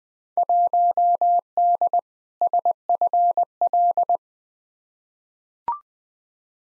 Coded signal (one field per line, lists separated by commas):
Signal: Morse code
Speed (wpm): 20 wpm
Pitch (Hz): 700 Hz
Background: none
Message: 1D SFL